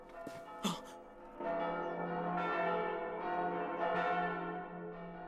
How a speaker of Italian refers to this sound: Le campane!